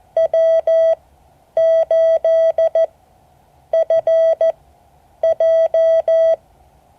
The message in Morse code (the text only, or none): W8FJ